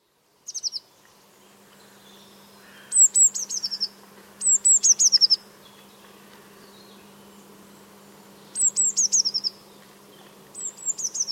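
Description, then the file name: Eurasian blue tit giving high, thin call phrases of quick descending notes in short bursts, about five bursts spread throughout, over a faint steady low hum. "Cyanistes caeruleus"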